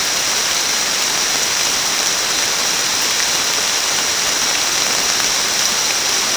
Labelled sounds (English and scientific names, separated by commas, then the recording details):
none
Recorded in secondary vegetation near Puerto Asís, Putumayo, Colombia, on 28 February 2025 at 17:30
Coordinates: 0.484, -76.319
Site G010